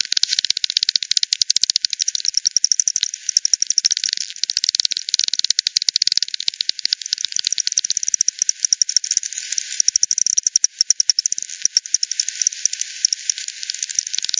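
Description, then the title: Bat echolocation, dense overlapping rapid clicks sustained through the whole stretch, suggesting several bats calling together. Multiple bats at Hogsmill River, Hogsmill Lane, 7 October 2020, 18:10; bat detector output frequency-divided by ten, bandpass filtered and resampled. "WW bat 20201007 T 18 : 10 Z-Hogsmill-Lane-Hogsmill-River-multiple-bats"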